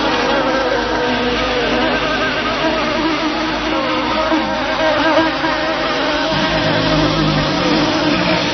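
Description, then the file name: Bees buzzing in a dense, continuous drone, a steady layered hum with low harmonic tones running unbroken throughout. Recorded 18 July 2004. "18 07 04 bee"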